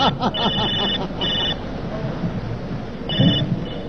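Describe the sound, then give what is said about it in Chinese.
A telephone at an army unit's machinery repair shop rings in a stage comedy sketch, repeated electronic bursts of high-pitched trilling tones at regular intervals, over a busy background of crowd noise and low rumble. “哎呀，王参谋啊，你怎么才来电话呀？”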